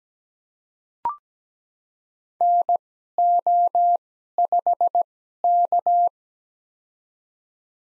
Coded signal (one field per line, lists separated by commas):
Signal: Morse code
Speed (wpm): 17 wpm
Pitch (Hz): 700 Hz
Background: none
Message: NO5K